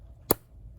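A pry tool presses on the plastic/metal retaining clip between the bottom case and body of a MacBook Pro A1708 laptop during disassembly. A single sharp click sounds at 0.3 s over faint low background noise, as the clip releases and pops open.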